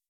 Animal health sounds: hydrophone in a shrimp aquaculture tank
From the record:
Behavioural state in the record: weakened

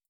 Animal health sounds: hydrophone in a shrimp aquaculture tank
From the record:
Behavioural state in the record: starved

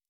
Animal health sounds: hydrophone in a shrimp aquaculture tank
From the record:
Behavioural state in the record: normal

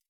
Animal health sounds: hydrophone in a shrimp aquaculture tank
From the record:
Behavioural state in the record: feeding

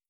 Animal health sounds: hydrophone in a shrimp aquaculture tank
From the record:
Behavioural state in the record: starved

